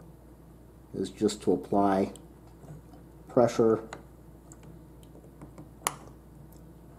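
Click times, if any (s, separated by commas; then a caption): none. A case press pushes a snap-on metal back cover onto a watch case while someone talks, followed by faint ticks and a sharp snap near 5.9 s. The cover has not seated or clicked closed, and its edge is still raised.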